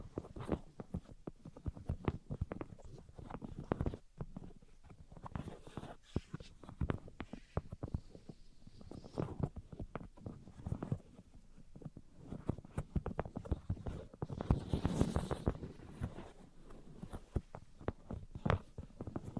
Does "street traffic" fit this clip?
no